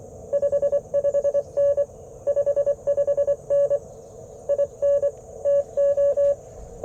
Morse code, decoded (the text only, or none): 55N 55N IN TO